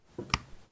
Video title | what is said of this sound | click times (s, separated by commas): Comprehensive Kwikset SmartKey Knob Installation and Service by Mr. Locksmith | Oh, big click that time. | 0.3 s